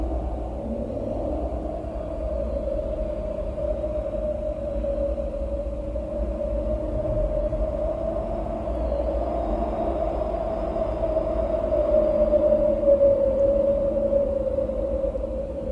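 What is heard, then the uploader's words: Wind blows steadily with a low, constant rumble underneath and a sustained hollow whistling tone riding over it. The moaning pitch wavers only slightly, and the whole sound swells a little louder from about twelve seconds before easing near the end. Sound of wind.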